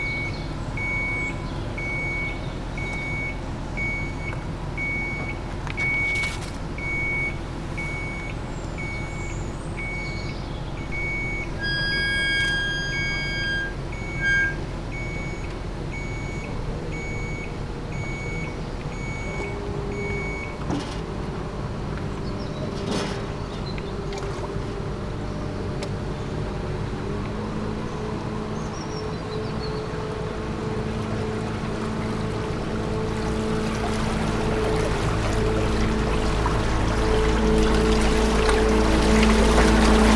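At a canal lock, water rushes steadily while a beeping signal sounds, then a low engine hum builds and grows louder toward the end.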